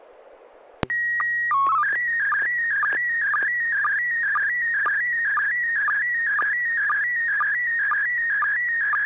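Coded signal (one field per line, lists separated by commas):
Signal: SSTV (slow-scan television)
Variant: PD 120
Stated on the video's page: SSTV net on an FM repeater on 441.300 MHz, using MMSSTV software.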